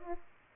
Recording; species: mosquito wingbeat signal from an infrared sensor; Aedes aegypti